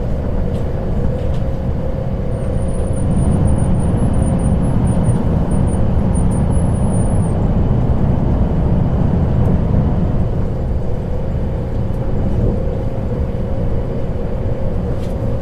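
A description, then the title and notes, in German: A train travels through the night with a dense, steady low rumble that holds the same level throughout. From about two to seven seconds a thin, wavering high squeal rides above it, and a few faint clicks surface now and then. Nächtliche Zugreise. Der sanfte Rhythmus der Schienen und das beruhigende Surren des Zuges.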